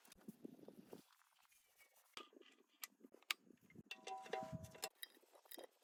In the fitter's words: Generally, when you reach a certain, or set, weight, you hear a "click".